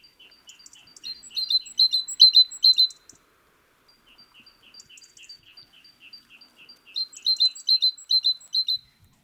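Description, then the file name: Great tit: soft ticking notes build into loud, rapid chinking bursts, twice, with quiet ticking between. "Parus major"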